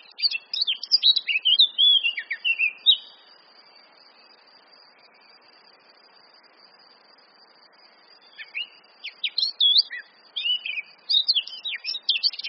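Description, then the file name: Eurasian blackcap song: two bursts of quick, varied warbling with fluty notes, separated by about five seconds of quiet. "Sylvia atricapilla"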